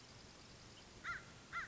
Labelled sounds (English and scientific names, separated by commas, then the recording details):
American Crow (Corvus brachyrhynchos)
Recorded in Sonoma County, California